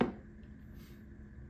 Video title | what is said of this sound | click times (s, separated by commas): Mainstays Corner Cube Storage Organizer Guided Assembly | Should click right in. | 0.0 s